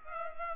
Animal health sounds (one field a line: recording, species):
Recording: mosquito wingbeat signal from an infrared sensor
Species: Culex pipiens